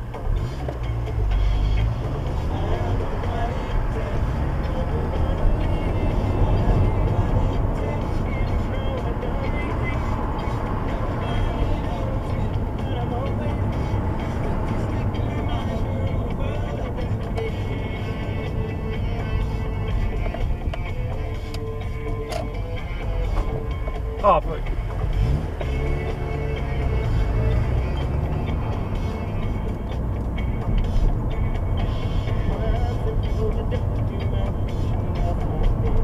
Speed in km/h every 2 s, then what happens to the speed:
13, 24, 32, 32, 32, 32, 34, 32, 29, 19, 11, 5, 11, 27, 32, 32, 32, 34.
0-4 speeds up to 32. 4-13 steady at about 32. 13-23 slows to 5. 23-27 speeds up to 32. 27-36 steady at about 32.